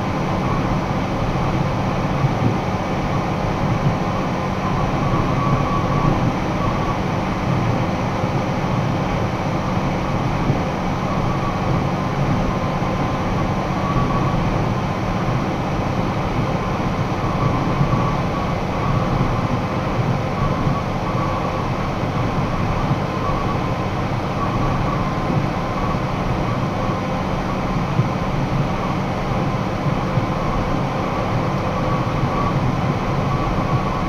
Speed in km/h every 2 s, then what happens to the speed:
106, 106, 106, 106, 106, 107, 106, 107, 107, 107, 107, 107, 107, 107, 107, 106, 107.
0-34 steady at about 107.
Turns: none.